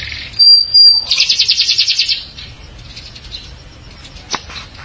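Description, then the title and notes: Canary song: a pure high whistle broken by a short gap, then a fast pulsing trill of about a second, followed by softer faint notes and a single sharp click. "BM Suara Kenari. BM Suara Burung Kenari"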